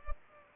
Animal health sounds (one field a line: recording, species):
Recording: mosquito wingbeat signal from an infrared sensor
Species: Culex pipiens